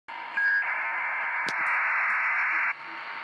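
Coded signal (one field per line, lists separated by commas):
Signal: ACARS aircraft data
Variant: HFDL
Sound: a short steady tone, then about two seconds of dense, even hiss-like data that cuts off abruptly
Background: radio static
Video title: 17968 kHZ USB Наземная станция ACARS № 15, Бахрейн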